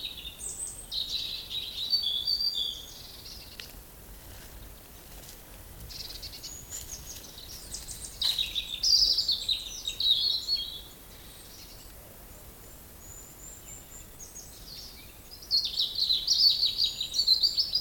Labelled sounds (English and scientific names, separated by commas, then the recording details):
European Robin (Erithacus rubecula)
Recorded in the wild
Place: Groß Schönebeck, Schorfheide, Brandenburg, DE
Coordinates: 52.9, 13.53
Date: 1996-04-07 19:29
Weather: heiter, 15°C, z.T. windig
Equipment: Nagra SN, Sennheiser MKH 416 T, Kopie Uher 4000 Report Monitor
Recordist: Tembrock, Günter